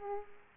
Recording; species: mosquito wingbeat signal from an infrared sensor; Aedes aegypti